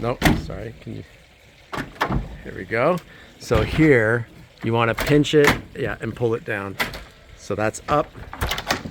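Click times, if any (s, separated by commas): none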